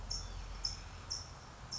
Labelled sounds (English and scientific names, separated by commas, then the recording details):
California Towhee (Melozone crissalis)
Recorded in Sonoma County, California